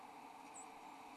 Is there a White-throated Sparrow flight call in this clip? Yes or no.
no